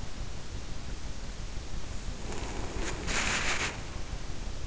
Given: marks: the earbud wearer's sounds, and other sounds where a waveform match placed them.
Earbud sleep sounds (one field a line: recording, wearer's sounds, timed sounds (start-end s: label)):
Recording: sounds in sleep by an in-ear microphone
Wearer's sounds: body movement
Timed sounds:
1.94-4.12 s: body movement